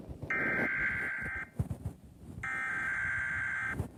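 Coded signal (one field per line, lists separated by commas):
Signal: Emergency Alert System (SAME) tones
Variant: header bursts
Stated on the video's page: Not a real EAS alert.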